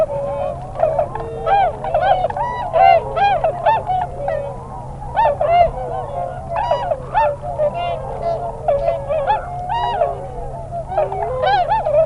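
Tundra swans calling as a flock, many overlapping bugling, honking notes in constant chorus, with a steady low hum underneath.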